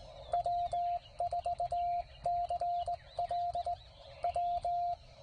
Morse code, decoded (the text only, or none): W4CLW